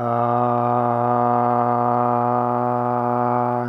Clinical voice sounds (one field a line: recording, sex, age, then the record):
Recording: sustained vowel /a/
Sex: male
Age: 30 to 39 years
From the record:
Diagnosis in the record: healthy control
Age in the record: 35 years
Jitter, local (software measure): 0.76%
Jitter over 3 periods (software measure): 0.46%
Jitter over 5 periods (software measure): 0.41%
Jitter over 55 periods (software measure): 0.61%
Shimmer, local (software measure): 9.3%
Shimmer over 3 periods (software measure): 5.7%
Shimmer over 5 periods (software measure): 5.2%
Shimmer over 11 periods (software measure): 5.9%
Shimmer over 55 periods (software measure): 6.7%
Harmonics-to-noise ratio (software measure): 9.6 dB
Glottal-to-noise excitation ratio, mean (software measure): 0.91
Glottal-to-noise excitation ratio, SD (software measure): 0.030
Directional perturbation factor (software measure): 81.6%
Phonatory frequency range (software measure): 0.06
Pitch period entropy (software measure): 1.22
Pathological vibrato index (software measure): 0.45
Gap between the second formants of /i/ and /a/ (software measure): 1654 Hz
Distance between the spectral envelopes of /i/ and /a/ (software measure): 12.9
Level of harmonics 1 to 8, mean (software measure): -9.6, -7.5, -10.8, -11.2, -6.7, -3.4, -9.0, -12.5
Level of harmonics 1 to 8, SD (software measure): 0.9, 0.9, 1.0, 1.4, 1.1, 1.9, 2.3, 2.7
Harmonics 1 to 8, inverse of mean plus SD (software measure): 0.095, 0.119, 0.085, 0.080, 0.128, 0.191, 0.088, 0.066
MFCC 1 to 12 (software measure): 5.3, -16.0, -6.7, 3.0, 0.6, -4.6, 0.0, -3.7, -9.7, -1.3, 1.8, 0.3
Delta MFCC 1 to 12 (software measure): 0.005, 0.007, 0.023, 0.005, -0.021, -0.019, 0.005, -0.022, 0.032, -0.005, -0.018, -0.008